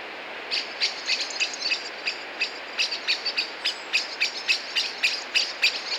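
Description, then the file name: Common blackbird call notes: dry, clicking chips in quick, irregular clusters that continue without a break throughout. "Turdus merula"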